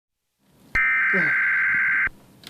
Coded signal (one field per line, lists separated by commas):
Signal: Emergency Alert System (SAME) tones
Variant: header bursts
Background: speech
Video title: eas test!! 01/04/16